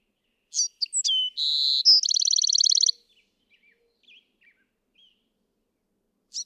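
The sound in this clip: Bewick's wren gives one song of high thin notes, a buzz and a fast trill, followed by faint soft chips.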